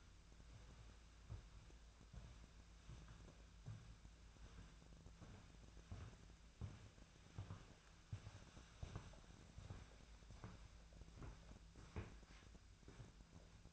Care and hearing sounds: daily activity, microphone in the room; walk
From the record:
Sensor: 2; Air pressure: 1008.3 hPa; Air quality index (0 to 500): 179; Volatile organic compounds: 10 ppm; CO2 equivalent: 2214 ppm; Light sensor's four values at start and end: 15/36/15/16 and 15/36/15/16

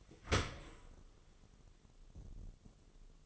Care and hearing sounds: daily activity, microphone in the room; open dishwasher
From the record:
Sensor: 4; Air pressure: 1015.9 hPa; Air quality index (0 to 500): 103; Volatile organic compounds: 2 ppm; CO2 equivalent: 1154 ppm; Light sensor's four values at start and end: 8/18/7/7 and 9/19/7/7

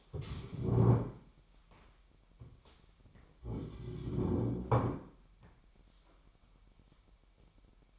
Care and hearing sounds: daily activity, microphone in the room; stand up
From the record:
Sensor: 1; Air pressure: 998.6 hPa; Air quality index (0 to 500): 118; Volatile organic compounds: 3 ppm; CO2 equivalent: 1402 ppm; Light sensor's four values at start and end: 8/19/8/9 and 8/19/8/9

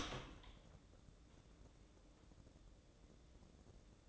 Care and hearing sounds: daily activity, microphone in the room; open door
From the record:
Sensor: 3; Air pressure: 1012.3 hPa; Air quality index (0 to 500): 180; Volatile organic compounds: 3 ppm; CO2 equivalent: 1372 ppm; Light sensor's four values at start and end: 580/1442/597/614 and 578/1438/595/612

